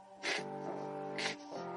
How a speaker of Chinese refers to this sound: 哇，你这哈欠打也太大了吧！